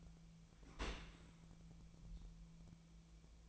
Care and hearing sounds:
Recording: daily activity, microphone in the room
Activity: open dishwasher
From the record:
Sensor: 1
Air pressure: 1000.5 hPa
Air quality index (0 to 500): 183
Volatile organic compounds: 4 ppm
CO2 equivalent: 1682 ppm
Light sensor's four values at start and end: 11/27/11/13 and 11/27/11/13

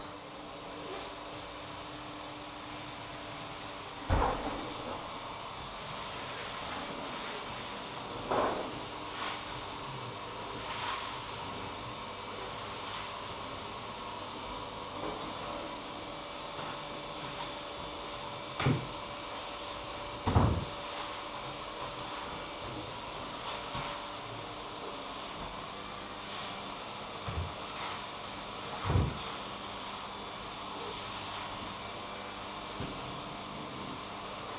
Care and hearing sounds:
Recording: daily activity, microphone in the room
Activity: vacuum cleaning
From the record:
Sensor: 1

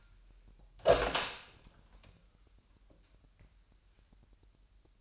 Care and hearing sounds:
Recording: daily activity, microphone in the room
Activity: open door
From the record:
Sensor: 2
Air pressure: 998.2 hPa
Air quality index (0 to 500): 143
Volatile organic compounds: 4 ppm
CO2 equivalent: 1620 ppm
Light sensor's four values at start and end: 11/33/13/13 and 11/33/13/13

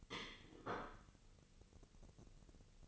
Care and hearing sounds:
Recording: daily activity, microphone in the room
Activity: place plate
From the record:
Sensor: 4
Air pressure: 1008.3 hPa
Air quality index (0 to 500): 82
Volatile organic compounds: 1 ppm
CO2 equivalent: 650 ppm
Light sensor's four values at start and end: 12/28/11/11 and 12/28/11/11

